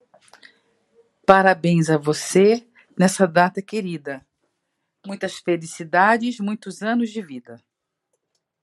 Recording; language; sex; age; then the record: short text; Brazilian Portuguese; female; 50 to 59 years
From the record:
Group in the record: control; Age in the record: 56 years